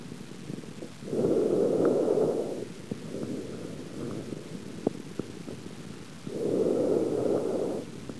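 Breath sounds heard through a stethoscope on an adult chest: two full breath cycles, each with a louder, smooth rushing phase and a softer, quieter phase, at a slow rate of about 11 breaths a minute. There is no clear wheeze or crackle, only a few faint clicks.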